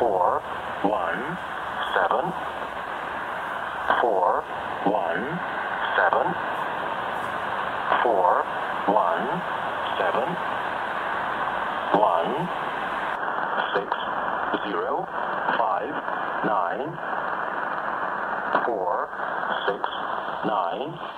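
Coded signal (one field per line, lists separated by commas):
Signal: numbers station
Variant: E07, English male voice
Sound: male voice reading English numbers at a steady pace over shortwave static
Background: radio static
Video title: Number Station "E07 English Man" from Moscow - strong and clear signal at 13417 kHz - SWL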